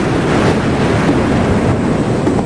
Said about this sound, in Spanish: desde muy abajo llegaba el cavernoso y monótono ruido de las olas. Parecían hablar de ese sueño eterno que a todos nos espera.